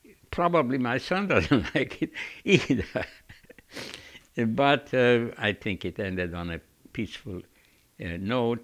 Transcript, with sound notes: probably my son doesn't like it either." (he laughs) But I think it ended on a peaceful note.